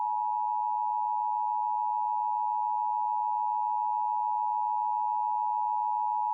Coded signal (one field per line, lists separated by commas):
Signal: Emergency Alert System (SAME) tones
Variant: 853 and 960 Hz attention tone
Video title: [EAS #1976-1982] The Testing Mayhem Continues (12/14/22 - 12/15/22)